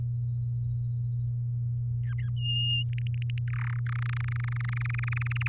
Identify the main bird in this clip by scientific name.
Serinus canaria